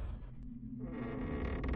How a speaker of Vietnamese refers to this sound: Tiếng kẽo kẹt của cánh cửa gỗ vang lên như thách thức lòng gan dạ của Hận